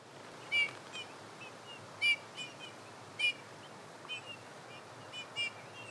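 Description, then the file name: Eurasian bullfinch giving short, soft piping call notes with a clear tone, several spaced irregularly over a few seconds, with faint hiss in the background. "Pyrrhula pyrrhula"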